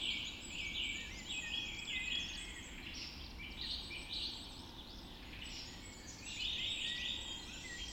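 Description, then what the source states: Birds in a chorus, overlapping high whistled and trilled songs under a steady hiss of background noise. Dawn chorus recorded just after dawn in the Forest of Dean.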